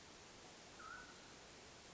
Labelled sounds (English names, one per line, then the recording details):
Mountain Quail
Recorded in Sonoma County, California